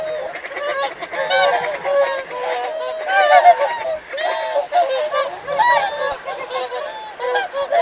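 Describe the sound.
Whooper swans in a calling flock, dense overlapping bugling honks rising and falling without pause.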